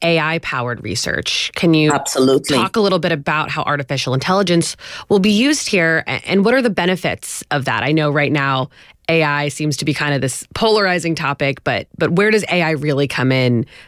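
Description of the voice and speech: An adult interviewer asks a question in clear, fluent conversational speech at a steady pace, with normal pitch movement and only brief natural pauses. Articulation and voice quality are ordinary, with no signs of a speech or voice disorder.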